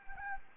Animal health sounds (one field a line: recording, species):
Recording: mosquito wingbeat signal from an infrared sensor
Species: Anopheles gambiae